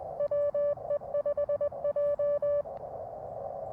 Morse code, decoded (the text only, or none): WE5J